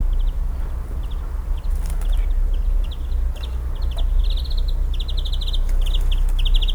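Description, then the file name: European greenfinch giving short high chirps and brief twittering trills over a strong low rumble. "Chloris chloris"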